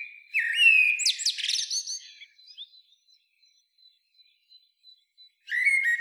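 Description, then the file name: Common blackbird: a fluting phrase ending in high squeaky twitters, a faint thin tone trailing off, then another phrase beginning. "Turdus merula"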